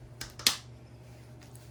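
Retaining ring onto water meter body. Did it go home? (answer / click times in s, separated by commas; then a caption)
yes / 0.5 s. A retaining ring is pushed back onto a water meter body after the register is reinstalled; the ring will not go on if anything is wrong. Two lighter taps at 0.2 s and 0.4 s lead to a sharp, bright snap at 0.5 s as the ring clicks into place, followed by a low steady hum. The retaining ring is seated.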